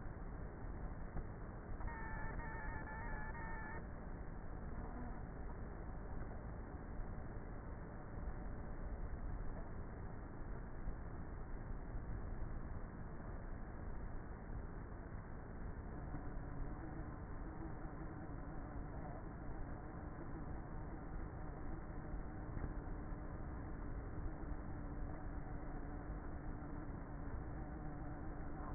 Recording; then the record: honeybee colony, microphone inside the hive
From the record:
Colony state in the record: queenless with a low population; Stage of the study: before two queens were removed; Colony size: about 30,000 bees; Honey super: no